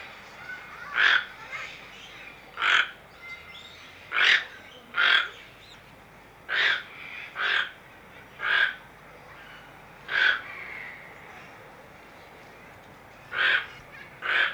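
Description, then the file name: Toco toucan producing a series of about ten harsh, raspy croaks, some in quick pairs, irregularly spaced, with low background noise. Captive bird recorded at a zoo in Amsterdam, Netherlands. "Artis, toko toekan - Sound Cloud - Beeld en Geluid"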